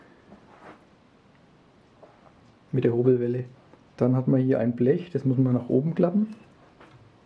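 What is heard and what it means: On a Scheppach HMC 2600 jointer-thicknesser, the metal cover sheet that folds up over the planing shaft for safety and is held by a hook is being handled, with faint handling noise and two soft ticks near 2.0 and 2.3 seconds. Someone then talks through the rest of the clip. Nothing has seated or clicked yet; the hook has not snapped into place.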